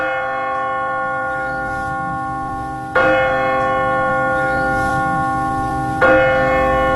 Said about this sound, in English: The bell of St. Mark's.